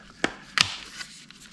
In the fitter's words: and then let it pop into place